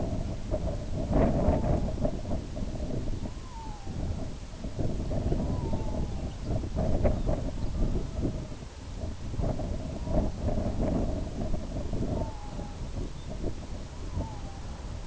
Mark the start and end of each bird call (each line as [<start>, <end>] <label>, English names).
[1.26, 2.01] Red-throated Loon
[3.08, 4.02] Red-throated Loon
[5.23, 6.36] Red-throated Loon
[5.64, 7.80] Lapland Longspur
[7.56, 8.68] Red-throated Loon
[9.90, 10.37] Red-throated Loon
[12.02, 12.85] Red-throated Loon
[13.07, 13.32] Lapland Longspur
[13.80, 14.85] Red-throated Loon